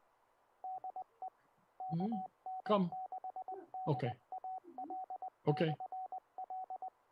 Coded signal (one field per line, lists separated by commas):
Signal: Morse code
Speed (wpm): 20 wpm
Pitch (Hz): 750 Hz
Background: speech, radio noise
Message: DE KN6DAL/L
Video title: 2MC ANTI-NET- LETS TALK SOTA W/ ADAM K6ARK